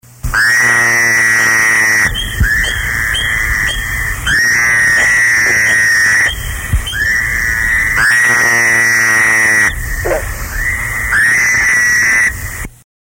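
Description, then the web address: Fowler's toad calls: loud, nasal, buzzy drawn-out bleats about one and a half to two seconds long, given four times with short gaps. "frog-toad-calls fowlers"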